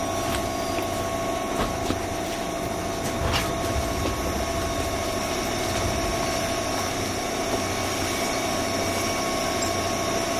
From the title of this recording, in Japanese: JR201系 桃谷〜桃谷